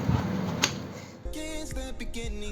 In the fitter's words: and as soon as you insert it you will hear a click sound